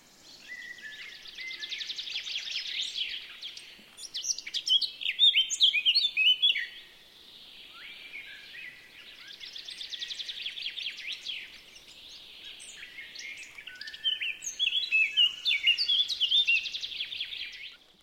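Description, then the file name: Eurasian blackcap song: fast scratchy chattering warble that swells into louder, clearer fluty flourishes, in several phrases separated by brief quieter dips. "Sylvia atricapilla"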